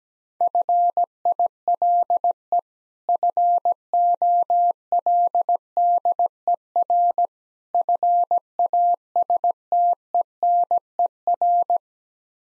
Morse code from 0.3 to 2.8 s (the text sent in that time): FILE